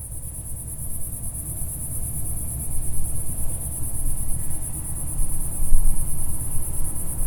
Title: Sound Escape 137. the song of a cicada in a French garden